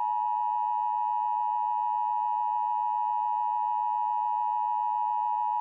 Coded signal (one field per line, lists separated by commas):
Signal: Emergency Alert System (SAME) tones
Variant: 853 and 960 Hz attention tone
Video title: Nuclear Karens: An EAS Scenario